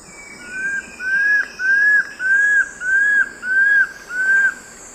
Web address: Natures Songs S America Eastern Lowlands. Cymbilaimus lineatus, song